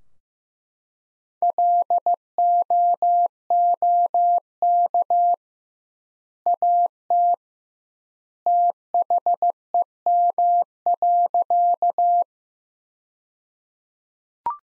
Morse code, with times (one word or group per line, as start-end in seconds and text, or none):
1.4-5.3 LOOK
6.5-7.3 AT
8.5-12.2 THEM.